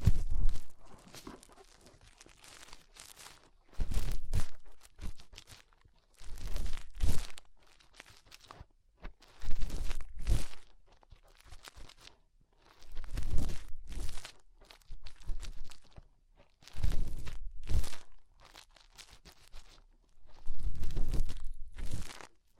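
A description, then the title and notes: Fingers rub and dig inside an ear, making loud crackling, crunching bursts with deep muffled thumps. Each burst lasts a second or two and repeats every few seconds, separated by near-silence with only a faint hush. ASMR Inner Ear Cleaning Using Fingers 3Dio (No Talking).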